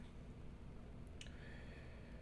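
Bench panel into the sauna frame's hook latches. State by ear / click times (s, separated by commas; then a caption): seated / 1.2 s. A bench assembly piece of a Radiant Heat E 2.5 portable personal sauna is fitted onto the frame's small hook latches, popped into the circle and then slid down to lock. A faint tick comes just before a short, quiet click at 1.2 s, over a steady low background hum. The bench panel slots into place and locks.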